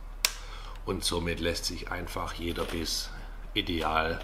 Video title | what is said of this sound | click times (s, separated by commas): JENZI 2022 - LED-Knicklicht Tiplight (full-HD). | Hier wird das Licht hier einfach eingeführt und dann an der Rudenspitze eingeklipst. | 0.2 s